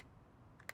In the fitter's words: That snapping sound?